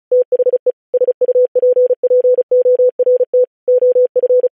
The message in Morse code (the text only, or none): THE SUPPORT OF